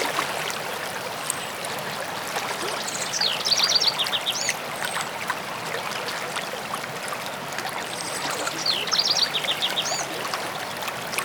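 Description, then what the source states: Birds singing two short phrases of quick high trilled notes about six seconds apart, over a steady loud rush of flowing water. Birds singing near a stream.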